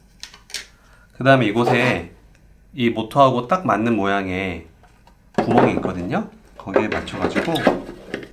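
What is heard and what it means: A pump motor is handled next to a matching hole in a 3D-printed plastic filter cover. Someone talks, and a few short handling taps are heard near the start and end. Nothing has seated or clicked yet.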